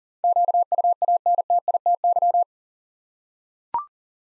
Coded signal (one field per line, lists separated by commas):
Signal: Morse code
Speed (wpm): 42 wpm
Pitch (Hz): 700 Hz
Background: none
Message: QUANTITY